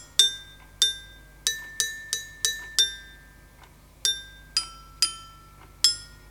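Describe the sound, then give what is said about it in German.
A glockenspiel plays a simple tune of about a dozen bright, ringing struck notes, each decaying quickly, in an unhurried rhythm with a short pause midway. No one speaks. “Sie bekommt ein Glockenspiel.”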